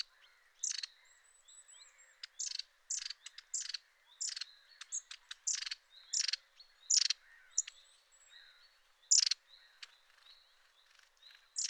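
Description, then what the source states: Long-tailed tit calls: several scattered rattling bursts and thin high notes, some louder than others. Recorded 6 April 2021.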